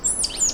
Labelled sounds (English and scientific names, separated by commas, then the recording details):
Stitchbird (Notiomystis cincta) song
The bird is a male
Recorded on Tiritiri Matangi Island, New Zealand, in 2005
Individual 1, of nest box 1